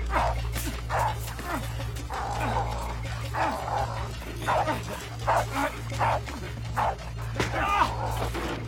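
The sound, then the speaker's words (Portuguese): A dog barks and yips in a rapid, excited string of sharp bursts, some higher and whiny, over a steady low droning hum throughout. “Essa merda de cão de cima de mim!”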